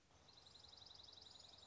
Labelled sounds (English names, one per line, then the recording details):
Dark-eyed Junco
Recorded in Sonoma County, California